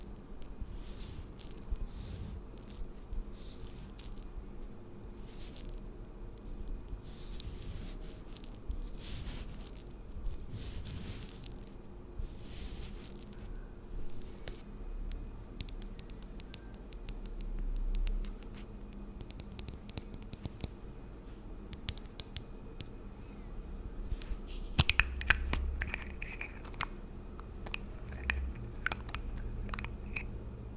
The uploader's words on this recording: ASMR Pampering Your Skin & Hair for Fall Layered Sounds Tingly Sounds For Sleep( No Talking ).